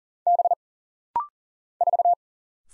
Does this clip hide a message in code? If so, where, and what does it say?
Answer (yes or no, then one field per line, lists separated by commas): yes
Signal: Morse code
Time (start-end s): 0.3-2.1 s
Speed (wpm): 39 wpm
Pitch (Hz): 700 Hz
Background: none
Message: B 4